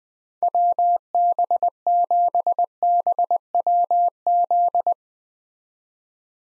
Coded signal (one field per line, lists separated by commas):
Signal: Morse code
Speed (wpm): 21 wpm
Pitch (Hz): 700 Hz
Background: none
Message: WB7BWZ